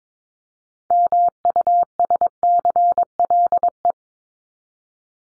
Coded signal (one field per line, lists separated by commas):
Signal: Morse code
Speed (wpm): 22 wpm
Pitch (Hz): 700 Hz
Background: none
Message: MUSCLE